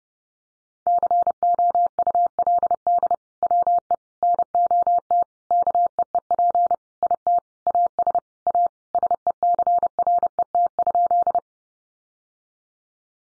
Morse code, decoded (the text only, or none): COULD WE NOT KEEP IT AS A SECRET?